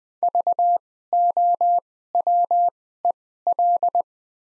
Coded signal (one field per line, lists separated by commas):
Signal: Morse code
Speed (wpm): 20 wpm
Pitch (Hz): 700 Hz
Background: none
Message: VOWEL